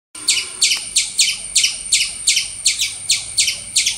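Squirrel giving a rapid series of sharp, high chirps at a quick, slightly uneven pace.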